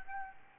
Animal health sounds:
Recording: mosquito wingbeat signal from an infrared sensor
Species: Aedes albopictus

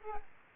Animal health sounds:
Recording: mosquito wingbeat signal from an infrared sensor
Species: Aedes albopictus

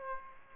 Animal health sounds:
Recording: mosquito wingbeat signal from an infrared sensor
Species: Aedes aegypti

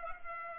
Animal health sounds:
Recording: mosquito wingbeat signal from an infrared sensor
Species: Culex pipiens

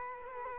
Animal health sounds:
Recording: mosquito wingbeat signal from an infrared sensor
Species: Culex quinquefasciatus

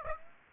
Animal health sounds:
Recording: mosquito wingbeat signal from an infrared sensor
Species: Aedes aegypti

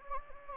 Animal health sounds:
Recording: mosquito wingbeat signal from an infrared sensor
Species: Anopheles gambiae

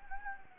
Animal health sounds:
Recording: mosquito wingbeat signal from an infrared sensor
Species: Anopheles gambiae

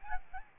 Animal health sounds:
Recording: mosquito wingbeat signal from an infrared sensor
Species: Aedes albopictus

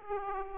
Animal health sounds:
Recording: mosquito wingbeat signal from an infrared sensor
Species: Aedes aegypti

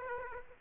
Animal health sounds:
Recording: mosquito wingbeat signal from an infrared sensor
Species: Aedes aegypti

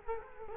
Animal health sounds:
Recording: mosquito wingbeat signal from an infrared sensor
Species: Culex quinquefasciatus

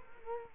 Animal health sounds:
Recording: mosquito wingbeat signal from an infrared sensor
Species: Culex quinquefasciatus

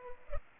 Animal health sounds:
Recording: mosquito wingbeat signal from an infrared sensor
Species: Culex pipiens

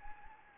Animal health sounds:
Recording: mosquito wingbeat signal from an infrared sensor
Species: Anopheles gambiae

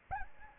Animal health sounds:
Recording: mosquito wingbeat signal from an infrared sensor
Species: Anopheles arabiensis

